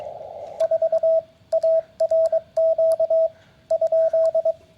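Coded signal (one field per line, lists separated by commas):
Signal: Morse code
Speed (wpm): 21 wpm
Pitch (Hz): 650 Hz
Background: radio noise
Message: 4 ARQ ?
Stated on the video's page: CW Parks on the Air activation on 20 m from a portable station, using a G90 into an end-fed random wire with a home-brew 9:1 transformer.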